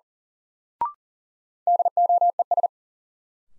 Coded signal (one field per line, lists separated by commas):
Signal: Morse code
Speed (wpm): 40 wpm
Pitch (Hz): 700 Hz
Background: none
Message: DOES